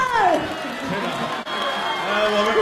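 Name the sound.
audience applauding and cheering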